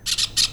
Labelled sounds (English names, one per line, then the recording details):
Brown-throated Parakeet contact call
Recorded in Venezuela
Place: Cerro Saroche, Hato Dalmatela, Edo. Lara
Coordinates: 10.149, -69.534